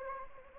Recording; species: mosquito wingbeat signal from an infrared sensor; Anopheles arabiensis